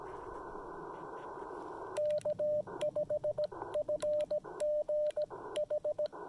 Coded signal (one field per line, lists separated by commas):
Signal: Morse code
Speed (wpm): 17 wpm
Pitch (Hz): 600 Hz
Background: radio noise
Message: K5FGH